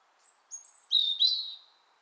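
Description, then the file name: European robin giving a short, high-pitched song phrase of thin whistles followed by a quick, liquid twitter that drops in pitch, lasting about one and a half seconds. "Erithacus rubecula"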